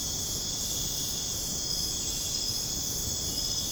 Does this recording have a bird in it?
no